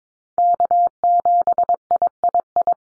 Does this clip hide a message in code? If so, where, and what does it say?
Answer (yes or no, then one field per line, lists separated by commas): yes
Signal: Morse code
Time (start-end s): 0.4-2.7 s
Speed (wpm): 22 wpm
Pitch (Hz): 700 Hz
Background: none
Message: K7III